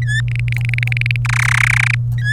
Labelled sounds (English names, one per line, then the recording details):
Domestic Canary song
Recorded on 27 April 2018 at 14:14
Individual llb3